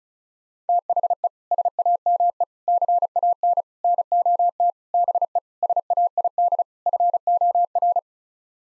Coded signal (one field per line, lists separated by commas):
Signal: Morse code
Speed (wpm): 34 wpm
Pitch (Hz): 700 Hz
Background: none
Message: THE SAME CAN NOT BE SAID FOR